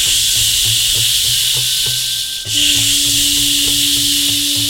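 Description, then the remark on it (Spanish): A rattlesnake's dry, buzzing rattle hisses steadily and loudly, dipping briefly midway before resuming, with a faint rhythmic low thumping and a thin steady tone beneath it. “La serpiente parecía un arco iris juguetón cuando sonaba su cola de maraca.”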